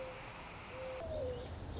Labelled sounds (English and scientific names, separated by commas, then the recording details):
Mourning Dove (Zenaida macroura)
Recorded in Sonoma County, California